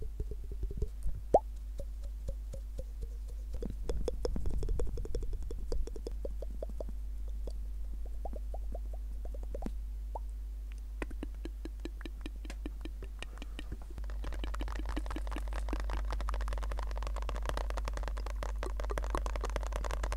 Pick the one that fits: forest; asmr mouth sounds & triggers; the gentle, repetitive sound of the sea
asmr mouth sounds & triggers